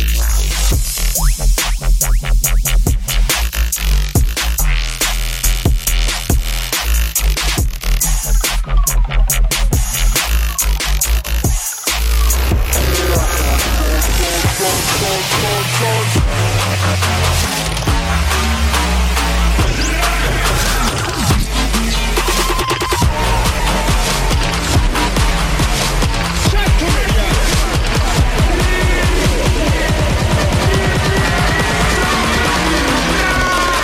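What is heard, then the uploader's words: Robot noises: dense buzzing and glitchy electronic tones, with a brief dropout near twelve seconds, then sliding, warbling pitches that sweep up and down. Robot noises.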